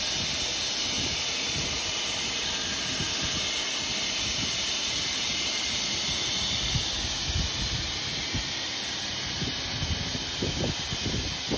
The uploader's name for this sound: hot air welding machine for small size pvc pipe of inflatable tents